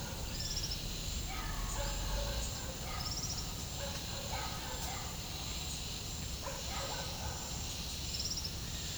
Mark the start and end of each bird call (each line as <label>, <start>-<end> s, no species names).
bird call, 0.29-0.84 s
bird call, 2.97-3.55 s
bird call, 7.91-8.59 s